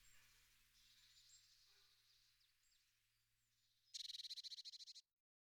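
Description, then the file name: Eurasian blue tit song: a quick, pulsing trill near the end, with a steady low hum and faint high chirps before it. "pimpelmees"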